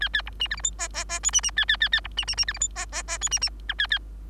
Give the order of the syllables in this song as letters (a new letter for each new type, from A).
A A B C D E F G G G H C C A A A A B C C C D E F G G G H C C I A A